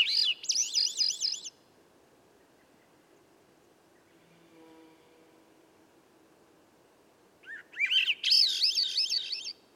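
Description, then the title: Swainson's thrush singing: the end of one phrase of rapid, rolling flute-like notes, then about six seconds of near silence with a faint low hum, then a full upward-spiralling phrase. Dusk song near a campsite, from about 3 m up a red alder 9 m away at a cut clearing's edge amid young hemlock and redcedar; other birds silent; 15-minute performance; Sound Devices MixPre6, MicBooster Pluggy. "A Swainson's Thrush Gift"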